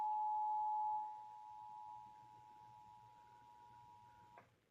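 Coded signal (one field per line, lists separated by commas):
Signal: Emergency Alert System (SAME) tones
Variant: 853 and 960 Hz attention tone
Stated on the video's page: Required monthly test on a cable TV system.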